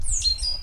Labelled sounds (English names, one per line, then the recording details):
Stitchbird song
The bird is a male
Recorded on Tiritiri Matangi Island, New Zealand, in 2005
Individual 12, of nest box 16